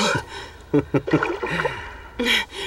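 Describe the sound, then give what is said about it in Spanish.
Quick, uneven splashes of a woman wading hurriedly through water toward the shore, three or four sharp bursts in a row, mixed with short breathy vocal sounds and a final rush of water. “Ella corre hacia la orilla apresuradamente.”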